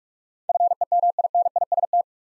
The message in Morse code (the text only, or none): FEMINIST